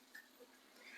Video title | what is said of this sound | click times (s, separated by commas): Build the iXO Collections Willys Jeep - Pack 24 - Stages 116-120 - Build Completed! | then there's that top of that hook that comes down now that's locked into place | 0.1 s